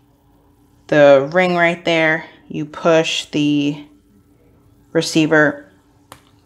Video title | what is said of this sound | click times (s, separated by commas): How to Replace a Signia Hearing Aid Wax Filter | that you'll hear a click or you'll feel it click if you can't hear it and then | 6.1 s